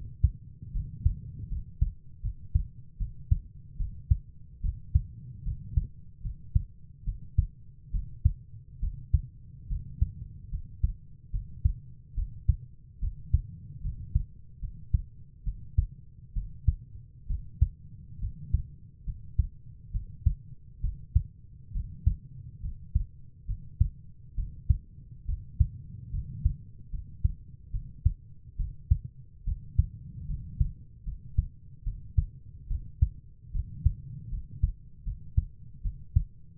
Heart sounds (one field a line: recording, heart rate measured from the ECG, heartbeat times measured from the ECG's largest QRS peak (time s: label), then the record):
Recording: heart sounds by stethoscope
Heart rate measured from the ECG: 72 bpm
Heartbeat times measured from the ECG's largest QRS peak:
0.73 s: heartbeat
1.50 s: heartbeat
2.22 s: heartbeat
2.99 s: heartbeat
3.78 s: heartbeat
4.62 s: heartbeat
5.45 s: heartbeat
6.23 s: heartbeat
7.05 s: heartbeat
7.92 s: heartbeat
8.81 s: heartbeat
9.69 s: heartbeat
10.51 s: heartbeat
11.32 s: heartbeat
12.16 s: heartbeat
13.01 s: heartbeat
13.83 s: heartbeat
14.61 s: heartbeat
15.45 s: heartbeat
16.34 s: heartbeat
17.28 s: heartbeat
18.21 s: heartbeat
19.06 s: heartbeat
19.93 s: heartbeat
20.82 s: heartbeat
21.73 s: heartbeat
22.62 s: heartbeat
23.47 s: heartbeat
24.36 s: heartbeat
25.27 s: heartbeat
26.12 s: heartbeat
26.92 s: heartbeat
27.72 s: heartbeat
28.57 s: heartbeat
29.45 s: heartbeat
30.28 s: heartbeat
31.05 s: heartbeat
31.84 s: heartbeat
32.69 s: heartbeat
33.53 s: heartbeat
34.31 s: heartbeat
35.05 s: heartbeat
35.83 s: heartbeat
From the record:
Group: healthy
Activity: rest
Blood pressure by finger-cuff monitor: 114/61 mmHg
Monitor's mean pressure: 77 mmHg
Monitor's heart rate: 72 bpm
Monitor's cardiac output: 6.7 L/min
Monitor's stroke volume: 92 mL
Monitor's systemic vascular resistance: 830 dyn s/cm5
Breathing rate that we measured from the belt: 15 breaths a minute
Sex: female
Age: 22 years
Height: 160 cm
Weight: 63 kg